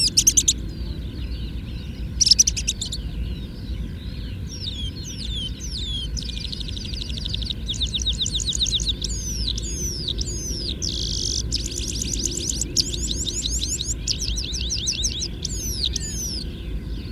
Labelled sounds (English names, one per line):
Red-throated Pipit